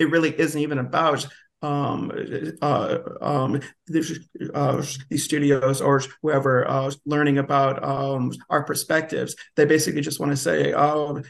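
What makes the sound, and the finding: Adult male speaker. Stuttering.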